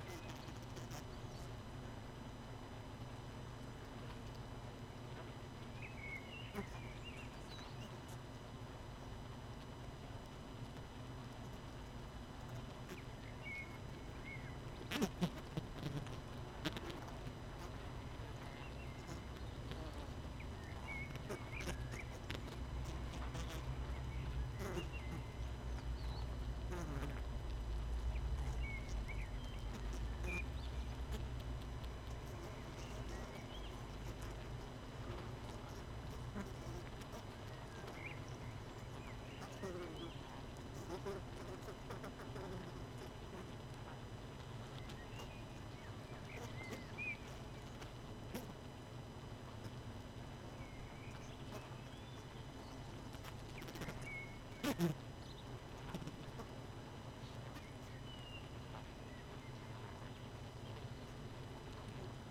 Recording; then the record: honeybee colony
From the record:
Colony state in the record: missing queen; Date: 31 May 2018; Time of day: 18:57